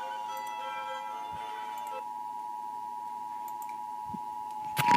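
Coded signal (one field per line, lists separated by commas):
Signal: Emergency Alert System (SAME) tones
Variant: 853 and 960 Hz attention tone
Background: music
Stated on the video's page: Severe Thunderstorm Warning from the NWS Boston office.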